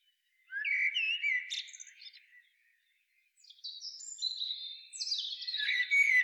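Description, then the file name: Common blackbird song: a mellow whistled phrase with a few chirps, a brief pause, then a long stretch of high scratchy twittering. "Turdus merula"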